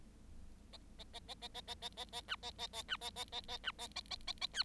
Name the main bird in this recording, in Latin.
Lonchura striata domestica